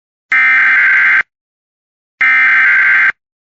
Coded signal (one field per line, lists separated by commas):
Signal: Emergency Alert System (SAME) tones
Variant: header bursts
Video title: EAS Snow Sqall Warning For Northeast Ohio Jan 27, 2026